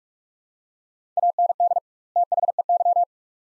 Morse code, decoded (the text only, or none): AND THEY